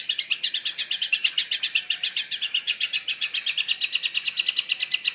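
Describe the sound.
Yellow-vented bulbul giving an even, rapid string of buzzy notes throughout.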